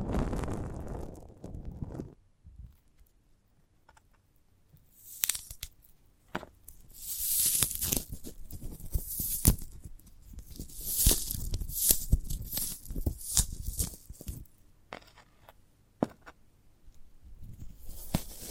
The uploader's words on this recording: ASMR of a Sprouted Coconut (No Talking).